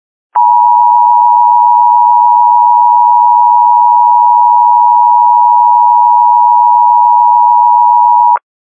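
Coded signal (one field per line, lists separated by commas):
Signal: Emergency Alert System (SAME) tones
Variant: 853 and 960 Hz attention tone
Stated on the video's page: Fictional EAS scenario.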